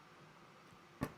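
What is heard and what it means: A plastic side stem (socket post) is popped out of a modular socket rail, releasing it. After about a second of quiet background, a single sharp, broadband pop sounds at 1.0 s as the stem comes free.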